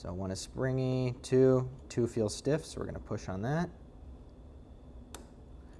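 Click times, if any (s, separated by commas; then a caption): 5.2 s. Someone talks while working a pick in a pin tumbler lock cylinder, then pushes on the stiff second pin until it sets at the shear line. A short, sharp click at 5.2 s marks the pin seating, with a slight rotation of the plug.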